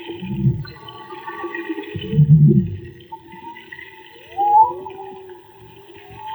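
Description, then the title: Whale song: deep grunting moans at the start and again around two seconds, with long tonal whistles and a rising upsweep drifting above them. Underwater whale song picked up with a homemade hydrophone. "CANTO DE BALLENAS REGISTRADO CON UN HIDROFONO MAGMA"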